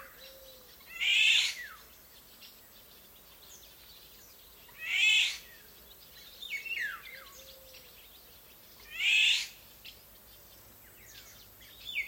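A countryside afternoon carries a repeated bird call, a bright rasping burst that comes about every four seconds, near 1, 5 and 9 seconds. Between the calls, fainter chirps and short whistles from other birds drift in over a quiet, steady background hush.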